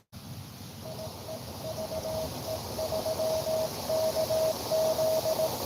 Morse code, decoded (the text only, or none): IE VE3KZ